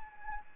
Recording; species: mosquito wingbeat signal from an infrared sensor; Anopheles arabiensis